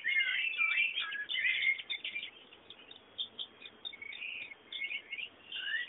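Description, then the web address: Bird: loud twittering and whistled chirps open, then sparser, softer calls over steady background hiss. "bullas Bullasdata sounds fondo pajaros"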